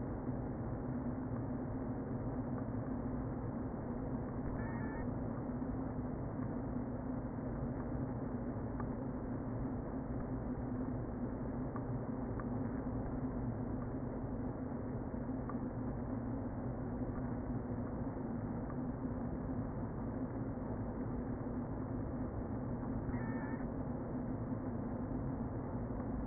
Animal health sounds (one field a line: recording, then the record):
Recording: honeybee colony, microphone inside the hive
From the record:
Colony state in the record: queen present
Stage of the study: before two queens were removed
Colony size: about 60,000 bees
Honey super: yes